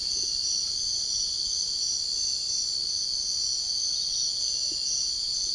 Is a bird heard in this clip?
no